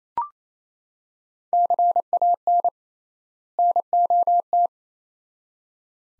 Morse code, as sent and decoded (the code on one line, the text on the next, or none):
-.-. .- -. / -. --- -
CAN NOT